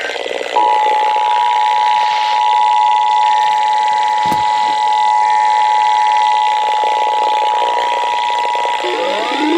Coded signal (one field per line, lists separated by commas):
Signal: Emergency Alert System (SAME) tones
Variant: 853 and 960 Hz attention tone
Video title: FLW on WXJ84, WKAZ, WKWS & WVAF (2/4/22) EAS 595-598